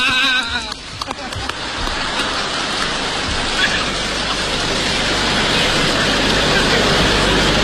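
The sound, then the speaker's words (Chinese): An audience breaks into loud, sustained applause welcoming a performer's apprentice on stage for the first time, a dense, steady wash of clapping that holds for several seconds after a brief voice at the start. “来来来来，准备出台，希望大家热烈鼓掌，欢迎我徒弟第一次和大家见面。”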